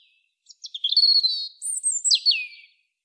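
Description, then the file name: European robin singing one bright, high warbling phrase of twittery notes, a sustained sweet trill, then a falling whistle at the end. The background is quiet. "Erithacus rubecula"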